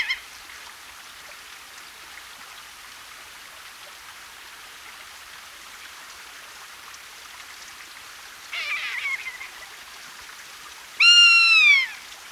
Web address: chant xeno-canto buse pattue